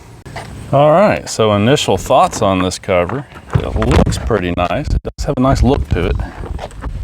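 A Gator EFX folding hard bed cover panel is handled over the installed rails on a Jeep Gladiator EcoDiesel pickup bed while someone talks throughout. Brief sharp sounds come at about 0.3 s and 6.7 s. Nothing has seated or clicked into place yet.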